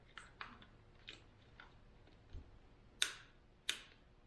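On a 2000 Acura 3.2TL whose intake gaskets are being replaced, the two plastic halves of the engine wire harness holder on the intake are pressed together. Softer plastic ticks and handling sounds come first, followed by two sharp, bright snaps at 3.0 s and 3.7 s as both clips lock. The holder halves are seated and snapped together.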